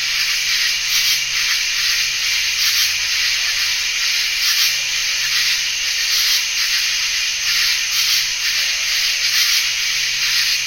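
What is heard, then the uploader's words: A diffuse evening chorus of bird-voiced treefrogs fills the air as a dense, steady wash of high trilling, with faint brighter pulses swelling every second or so. A low, intermittent hum sits far beneath the chorus throughout. Jessamine Bayou is a seasonally flooded forest in the heart of America's Amazon, the Mobile-Tensaw River Delta. These recordings are taken from overnight "drop rigs" left at the edge of a tributary surrounded cypress swamp and adjacent to a field of saw palmetto. In the evening a diffuse chorus of bird-voiced treefrogs.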